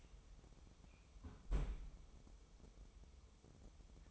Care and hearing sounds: daily activity, microphone in the room; close fridge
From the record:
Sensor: 1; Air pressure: 988.4 hPa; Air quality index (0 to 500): 199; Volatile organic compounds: 1000 ppm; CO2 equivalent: 5316 ppm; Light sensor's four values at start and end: 26/97/37/38 and 26/97/37/38

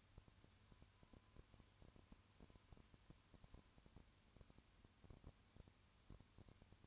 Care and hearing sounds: daily activity, microphone in the room; no activity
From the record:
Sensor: 2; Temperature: 20.3 degrees Celsius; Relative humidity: 35.6%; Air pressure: 1000.9 hPa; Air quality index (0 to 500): 196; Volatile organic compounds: 5 ppm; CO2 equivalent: 1729 ppm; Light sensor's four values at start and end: 2/3/2/2 and 2/3/2/2

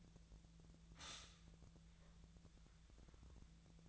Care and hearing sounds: daily activity, microphone in the room; stop toaster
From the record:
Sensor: 3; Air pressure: 1009.4 hPa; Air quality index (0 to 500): 197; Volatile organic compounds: 16 ppm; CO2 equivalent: 2558 ppm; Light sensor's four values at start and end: 32/81/34/36 and 32/81/34/36

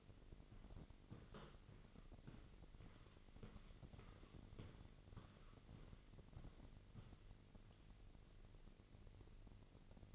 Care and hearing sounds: daily activity, microphone in the room; walk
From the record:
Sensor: 4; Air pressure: 1002.4 hPa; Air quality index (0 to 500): 217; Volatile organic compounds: 12 ppm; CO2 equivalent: 2347 ppm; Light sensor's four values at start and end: 21/72/26/26 and 21/72/26/26

